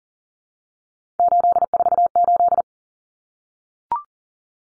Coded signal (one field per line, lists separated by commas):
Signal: Morse code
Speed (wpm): 40 wpm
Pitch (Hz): 700 Hz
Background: none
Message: 848